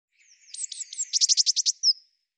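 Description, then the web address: Eurasian blue tit call: a few thin high notes, then a quick run of several buzzy, evenly spaced notes, ending with a single note. "Deverinetal"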